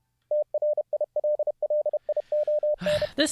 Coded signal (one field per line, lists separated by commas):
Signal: Morse code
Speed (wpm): 31 wpm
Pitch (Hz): 590 Hz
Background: none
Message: TRILLIONE